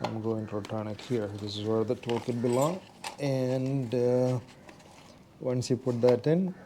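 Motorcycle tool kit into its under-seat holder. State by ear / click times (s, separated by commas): not seated / none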